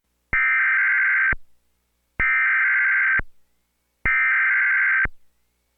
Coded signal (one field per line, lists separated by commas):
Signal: Emergency Alert System (SAME) tones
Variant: header bursts